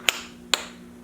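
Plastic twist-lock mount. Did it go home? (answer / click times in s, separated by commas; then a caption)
yes / 0.1 s, 0.5 s. An LED whip is twisted into its quick-release mount base on a UTV, giving two short, sharp clicks at 0.1 s and 0.5 s over a low steady hum. The whip locks and seats in the mount.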